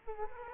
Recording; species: mosquito wingbeat signal from an infrared sensor; Culex quinquefasciatus